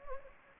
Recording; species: mosquito wingbeat signal from an infrared sensor; Anopheles gambiae